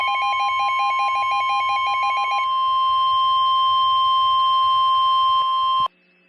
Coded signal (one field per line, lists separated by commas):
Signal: Emergency Alert System (SAME) tones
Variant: 1050 Hz attention tone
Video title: EAS Scenario Sins: REVIVED - Episode 3: H2Overflow